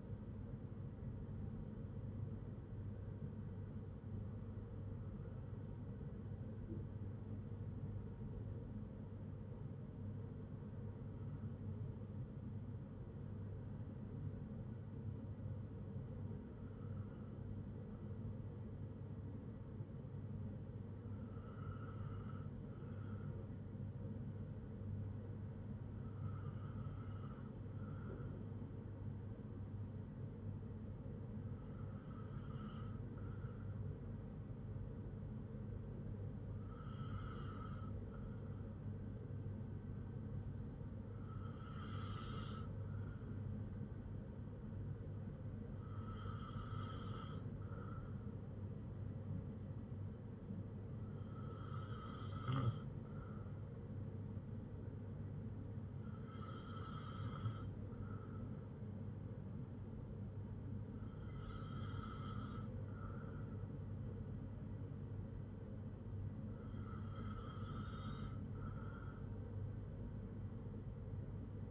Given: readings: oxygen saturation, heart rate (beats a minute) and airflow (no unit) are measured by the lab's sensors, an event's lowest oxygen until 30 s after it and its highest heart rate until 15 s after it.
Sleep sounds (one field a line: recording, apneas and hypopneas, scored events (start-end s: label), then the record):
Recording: breathing in sleep by a smartphone at the bedside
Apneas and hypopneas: 1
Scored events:
3.00-22.40 s: hypopnea (N1, oxygen 96% highest, then 93% lowest, heart rate 56 at the start, 63 highest)
21.00-71.71 s: new sleep stage, N2 (light sleep)
From the record:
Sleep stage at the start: N1 (lightest sleep)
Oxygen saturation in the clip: 93 to 96%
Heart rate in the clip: 56 to 64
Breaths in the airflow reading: 13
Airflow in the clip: -5.3 to 3.7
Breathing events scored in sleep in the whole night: 182 in 7.4 hours asleep